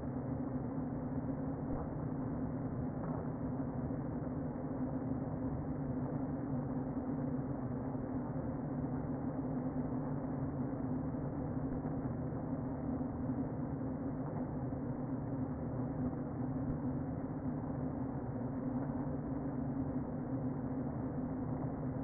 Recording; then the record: honeybee colony, microphone inside the hive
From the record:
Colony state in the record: queen present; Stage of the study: before two queens were removed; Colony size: about 60,000 bees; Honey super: yes